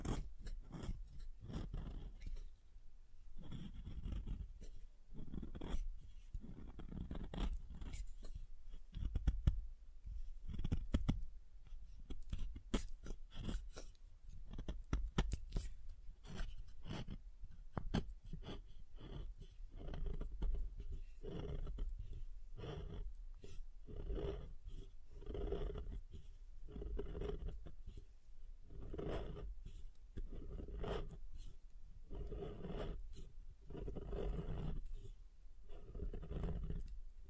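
Soap is tapped and carved in dense, irregular bursts of crisp scraping and clicking, with a low steady rumble underneath throughout.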